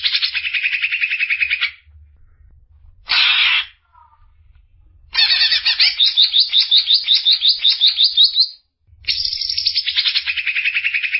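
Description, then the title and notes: Greater green leafbird song: pulsed buzzy chatter, a short harsh burst, then a long run of quickly repeated notes and another chattering phrase. Champion songbird. "Kicau Burung Cucak Ijo Juara. Suara kicauan burung cucak ijo"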